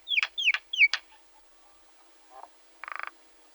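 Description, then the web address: Myna calls: three quick downslurred whistles, then a short harsh pulsed burst near the end. "soud Majna"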